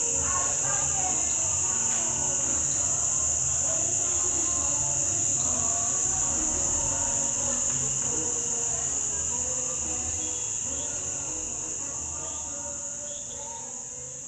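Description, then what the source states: Insects in a night chorus, one shrill, unbroken drone running throughout, with a congregation's group singing audible underneath. Night ambience, Nkolmbong-Nord neighborhood, Émana, Yaoundé 1, Cameroon, 28 November 2023, 6:29 p.m.; Pentecostal congregation singing in background; iPhone 7, low quality.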